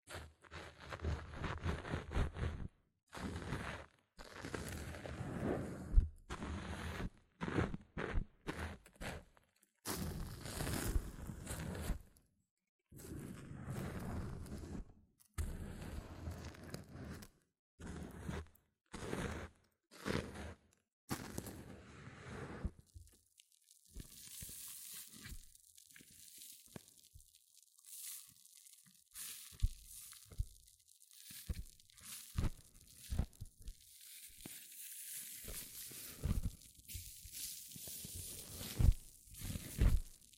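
Close, crackling hair mousse squishes in bursts for the first twenty seconds, then gives way to a thin, bright fizzing hiss with scattered pops.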